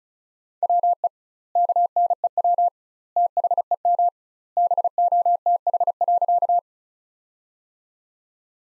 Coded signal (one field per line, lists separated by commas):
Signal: Morse code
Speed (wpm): 34 wpm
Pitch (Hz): 700 Hz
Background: none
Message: WE KNEW THEM BOTH.